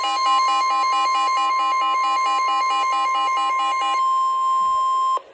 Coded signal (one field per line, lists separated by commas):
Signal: Emergency Alert System (SAME) tones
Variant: 1050 Hz attention tone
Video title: EAS #37 (SVR)